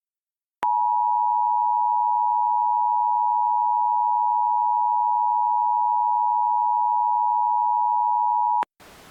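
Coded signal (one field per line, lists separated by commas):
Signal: Emergency Alert System (SAME) tones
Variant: 853 and 960 Hz attention tone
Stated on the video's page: Fictional EAS tones in an audio drama scenario.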